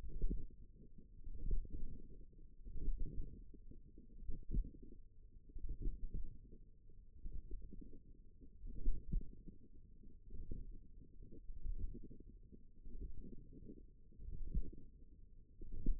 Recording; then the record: forearm muscle sounds (acoustic myography)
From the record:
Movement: tripod grip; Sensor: system 1, eight BSWA MPA416 microphones around the upper forearm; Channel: 7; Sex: female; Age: 21 years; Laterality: right